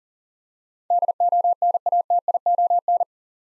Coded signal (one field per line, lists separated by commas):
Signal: Morse code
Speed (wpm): 37 wpm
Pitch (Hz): 700 Hz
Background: none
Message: DONATION